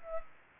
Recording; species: mosquito wingbeat signal from an infrared sensor; Aedes aegypti